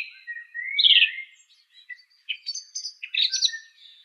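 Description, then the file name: Song thrush song: a rich warbled phrase followed by several scratchy, high-pitched notes. "suara kicauan burung song thrush. omkicau"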